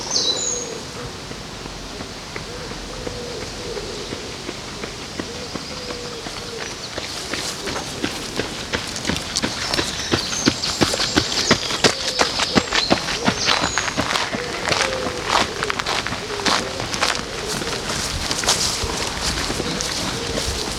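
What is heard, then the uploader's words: Outdoor sounds along the river in Odense, Denmark: a steady bed of low murmur with high bird calls chirping on and off. From about seven seconds, dense, rapid crackling and clicking ticks, like footsteps on gravel, fill most of the rest. Sounds along the river in Odense, Denmark.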